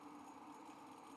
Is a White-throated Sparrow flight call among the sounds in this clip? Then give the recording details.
no. No flight call is heard. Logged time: 11:20 on 5 December 2014